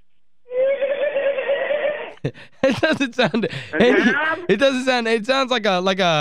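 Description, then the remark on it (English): A horse in a barn lets out a strained, buzzy held note, then breaks into a loud run of shrill, wavering whinnies that swoop up and down for several seconds. “That's one of these horses here in this barn.”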